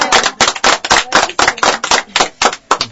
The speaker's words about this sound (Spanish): Bueno, un aplauso.